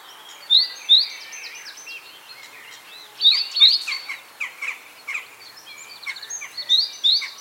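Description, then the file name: Great tit giving sharp, high paired notes that recur several times, overlapped by a dense chorus of other small birds calling and singing. "Parus major"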